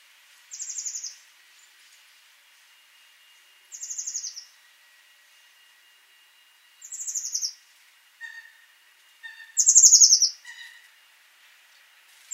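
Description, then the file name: Eurasian blue tit calls: short, high, buzzy churring bursts about every three seconds, with a few faint softer chips between them. "Cyanistes caeruleus"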